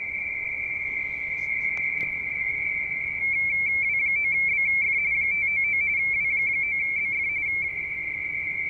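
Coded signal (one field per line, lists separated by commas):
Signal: RTTY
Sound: steady warbling two-tone teletype chatter, rapid high-low alternation for the whole clip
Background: faint radio static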